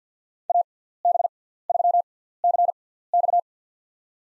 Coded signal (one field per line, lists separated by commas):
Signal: Morse code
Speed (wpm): 50 wpm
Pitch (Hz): 700 Hz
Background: none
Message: AB3CX